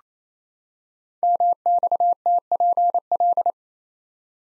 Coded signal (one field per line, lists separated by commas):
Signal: Morse code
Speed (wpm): 27 wpm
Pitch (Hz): 700 Hz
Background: none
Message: MXTPL